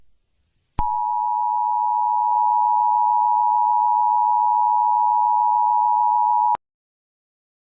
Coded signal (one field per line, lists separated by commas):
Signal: Emergency Alert System (SAME) tones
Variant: 853 and 960 Hz attention tone